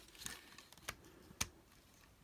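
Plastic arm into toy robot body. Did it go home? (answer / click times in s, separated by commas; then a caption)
no / none. The plastic arm of a Mastermind Creations Ocular Max Perfection Series PS-21 Medicus (First Aid) transforming robot figure is handled and brought in toward the toy robot body. Brief, sharp plastic ticks are heard at about 0.3, 0.9 and 1.4 s, the last being the loudest, over a quiet background. Nothing has seated or snapped into place yet.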